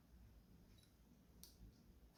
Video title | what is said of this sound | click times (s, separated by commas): Singer 201-2 Final Test after Restoration-how to tutorial | and pull it until you feel it sort of click into place | 1.4 s